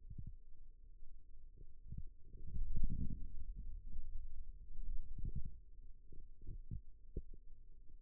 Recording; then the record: forearm muscle sounds (acoustic myography)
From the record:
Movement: radial deviation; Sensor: system 2, bracelet of six BSWA MPA416 microphones around the upper forearm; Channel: 3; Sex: male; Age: 22 years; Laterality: right